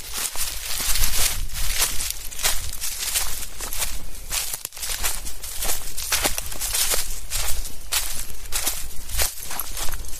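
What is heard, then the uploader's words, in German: Footsteps crunch through a forest in the evening at a steady brisk pace of roughly two to three steps per second. The crunches are crisp and bright over a low, constant rumble, with a brief pause near the middle. Abends mit dem Hund im Wald. Aufnahme eines Spaziergangs im Wald.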